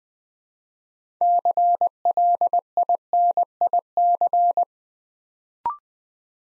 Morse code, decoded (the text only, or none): CLINIC